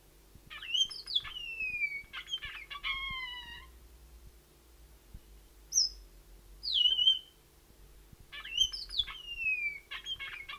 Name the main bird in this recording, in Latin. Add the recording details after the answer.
Amandava amandava. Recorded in captivity. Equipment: Halbspur 19 cm. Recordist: Lütgens, Hans